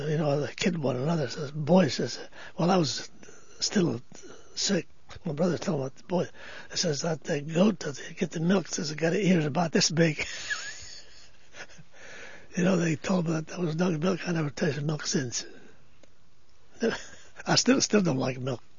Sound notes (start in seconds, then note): 10.1 he laughs; 16.8 he laughs